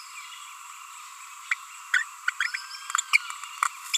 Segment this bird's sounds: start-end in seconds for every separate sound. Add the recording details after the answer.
1.51-1.54, 1.93-2.03, 2.28-2.30, 2.40-2.44, 3.13-3.17, 3.94-3.97. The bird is a female. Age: 29 days. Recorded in a nest box in Venezuela. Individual 17B42A4